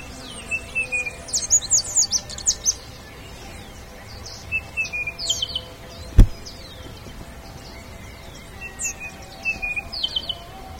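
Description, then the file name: Bird chirps in short high bursts with thin descending whistles, pausing midway around a single sharp knock, then resuming near the end. "SABIOD 50 bird 2015"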